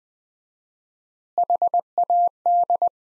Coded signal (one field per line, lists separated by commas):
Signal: Morse code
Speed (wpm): 20 wpm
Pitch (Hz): 700 Hz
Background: none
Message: HAD